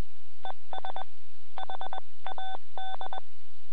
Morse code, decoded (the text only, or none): ES HAD